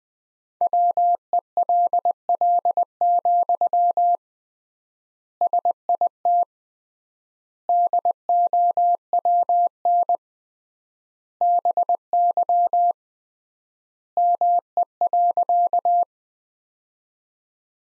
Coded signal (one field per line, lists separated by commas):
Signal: Morse code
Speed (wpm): 21 wpm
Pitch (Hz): 700 Hz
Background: none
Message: WELL, SIT DOWN BY ME.